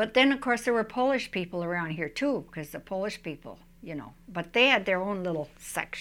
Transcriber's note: none